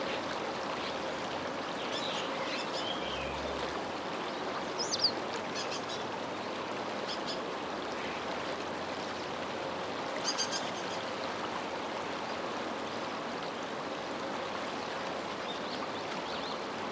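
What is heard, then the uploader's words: A river flows steadily and evenly throughout, a dense, rushing wash with a faint low hum beneath. Birds chirp and trill over it, scattered calls around 2–3 seconds, near 5–7 seconds, and a brighter burst around 10 seconds, with more light song toward the end. 冬らしい冷たい空気。絶えず流れる川音に鳥たちのさえずりが響きます。 Birdsong echoes in the ever-flowing sound of the river.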